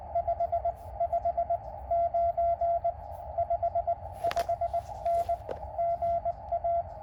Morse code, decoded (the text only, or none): 55 9 55N GA